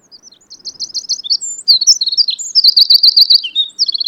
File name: Troglodytes troglodytes